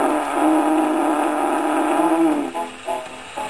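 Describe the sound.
Alpaca fart, a drawn-out low buzzy blast lasting over two seconds, followed by three short separate puffs.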